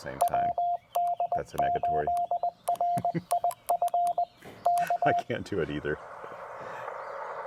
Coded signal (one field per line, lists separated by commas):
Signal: Morse code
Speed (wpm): 20 wpm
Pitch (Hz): 700 Hz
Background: speech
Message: WD8RIF K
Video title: Lake Alma POTA with the TR-45L: Pre-Hamvention CW Activation with WD8RIF!